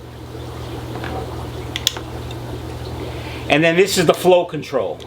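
A plastic impeller cover is fitted again onto the filter pump of a Marineland 5G Portrait glass aquarium, giving a sharp double snap at 1.8 s and 1.9 s over a steady low hum. The cover is seated, and then someone talks.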